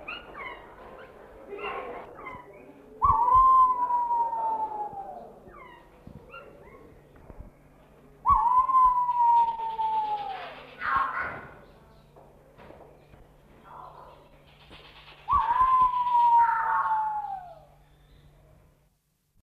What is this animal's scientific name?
Otidiphaps nobilis